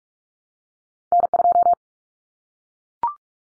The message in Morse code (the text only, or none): N2